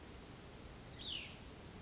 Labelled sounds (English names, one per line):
Cassin's Vireo